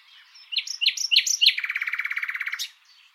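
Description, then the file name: Common nightingale song: a few sharp notes followed by a fast, even trill of repeated rich notes lasting about a second, then a brief soft ending. "Luscinia megarhynchos"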